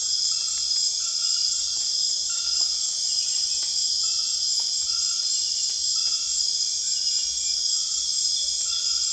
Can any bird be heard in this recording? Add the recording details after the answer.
no. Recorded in secondary vegetation near Puerto Asís, Putumayo, Colombia, on 19 June 2025 at 19:30. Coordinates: 0.485, -76.322. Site GP06